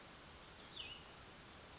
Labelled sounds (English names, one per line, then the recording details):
Cassin's Vireo
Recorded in Sonoma County, California